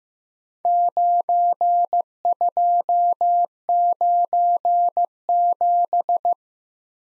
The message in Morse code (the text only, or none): 9297